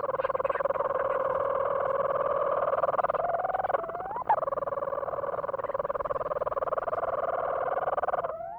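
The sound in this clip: Leach's storm-petrel purring steadily in a fast pulsed churr for several seconds, broken midway by a brief rising hiccup note, then churring on.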